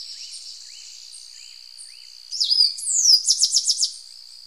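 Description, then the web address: Tricolored brush-finch song: soft rising notes, then a loud high phrase of slurred whistles ending in a rapid run of notes, over a steady high hiss. Ecuador. "Birds of Ecuador Tricolored Brush-Finch"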